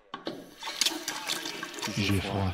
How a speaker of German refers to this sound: Ich gehe mir die Hände waschen. Das Wasser ist kalt.